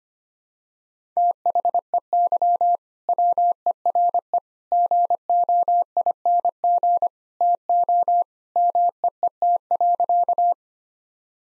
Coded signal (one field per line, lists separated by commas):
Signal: Morse code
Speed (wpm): 25 wpm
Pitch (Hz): 700 Hz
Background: none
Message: THEY WERE GOING TO MEET.